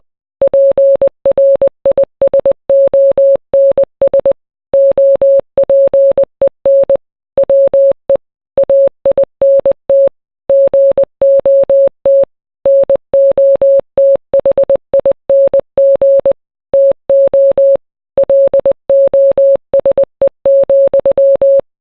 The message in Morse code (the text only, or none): PRISONS OPEN WE AINT GOT NOTHING TO LOSE,